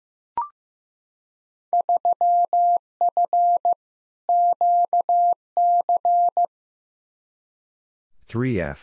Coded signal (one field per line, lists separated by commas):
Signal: Morse code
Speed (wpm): 15 wpm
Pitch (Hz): 700 Hz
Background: none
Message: 3F QC